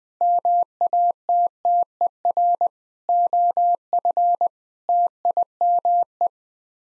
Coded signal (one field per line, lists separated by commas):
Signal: Morse code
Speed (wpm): 21 wpm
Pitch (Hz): 700 Hz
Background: none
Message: MATTER OF TIME